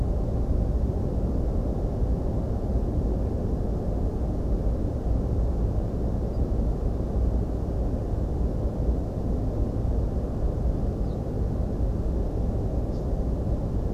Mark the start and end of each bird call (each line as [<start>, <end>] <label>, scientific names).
[6.33, 6.39] Emberiza hortulana
[11.03, 11.16] Emberiza hortulana